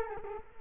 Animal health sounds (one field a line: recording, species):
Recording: mosquito wingbeat signal from an infrared sensor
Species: Culex quinquefasciatus